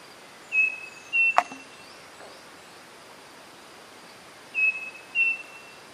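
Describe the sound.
Bird whistles: two pairs of pure steady tones separated by a few seconds of quiet, with a sharp knock just after the first pair.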